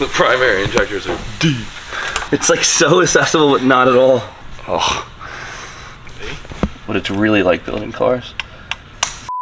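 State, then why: Seated. Someone talks while an electrical connector on the engine wiring harness is pushed onto a deep-set primary fuel injector. Sharp, short clicks are heard at 8.7 s and 9.0 s as the connector clicks in and seats.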